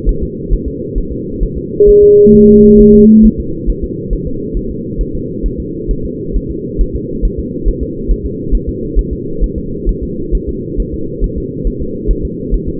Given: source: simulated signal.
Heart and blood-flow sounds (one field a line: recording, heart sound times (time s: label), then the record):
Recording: fetal heart sounds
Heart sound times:
0.09 s: S1
0.23 s: S2
0.53 s: S1
0.68 s: S2
0.98 s: S1
1.12 s: S2
1.43 s: S1
1.58 s: S2
1.89 s: S1
2.03 s: S2
2.35 s: S1
2.49 s: S2
2.81 s: S1
2.95 s: S2
3.25 s: S1
3.40 s: S2
3.70 s: S1
3.84 s: S2
4.13 s: S1
4.27 s: S2
4.57 s: S1
4.71 s: S2
5.01 s: S1
5.15 s: S2
5.46 s: S1
5.60 s: S2
5.91 s: S1
6.05 s: S2
6.37 s: S1
6.51 s: S2
6.81 s: S1
6.96 s: S2
7.25 s: S1
7.39 s: S2
7.68 s: S1
7.83 s: S2
8.11 s: S1
8.26 s: S2
8.55 s: S1
8.69 s: S2
8.99 s: S1
9.13 s: S2
9.44 s: S1
9.58 s: S2
9.89 s: S1
10.03 s: S2
10.35 s: S1
10.49 s: S2
10.80 s: S1
10.94 s: S2
11.24 s: S1
11.38 s: S2
11.67 s: S1
11.82 s: S2
12.11 s: S1
12.25 s: S2
12.54 s: S1
12.69 s: S2
From the record:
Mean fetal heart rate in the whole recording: 135 bpm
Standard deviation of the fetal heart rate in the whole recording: 3 bpm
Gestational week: 36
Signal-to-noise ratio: -6.6 dB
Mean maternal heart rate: 72 bpm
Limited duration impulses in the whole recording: present